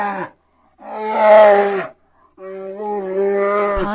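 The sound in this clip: Bear roars, three harmonic bellowing growls, the first cut short, the middle one loudest, separated by brief silences.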